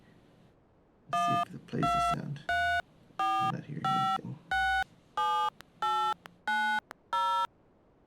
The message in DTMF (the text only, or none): 1234567890